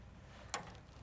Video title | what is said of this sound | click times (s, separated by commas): Apex - How to Replace the Auger - Camp Chef Support | Push it till you hear the click, make sure it doesn't pull out. | 0.5 s